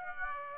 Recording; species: mosquito wingbeat signal from an infrared sensor; Aedes aegypti